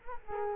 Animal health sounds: mosquito wingbeat signal from an infrared sensor; Culex quinquefasciatus

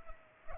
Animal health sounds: mosquito wingbeat signal from an infrared sensor; Culex pipiens

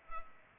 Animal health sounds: mosquito wingbeat signal from an infrared sensor; Culex pipiens

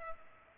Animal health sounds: mosquito wingbeat signal from an infrared sensor; Culex pipiens

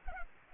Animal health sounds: mosquito wingbeat signal from an infrared sensor; Culex pipiens

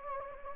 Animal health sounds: mosquito wingbeat signal from an infrared sensor; Anopheles gambiae

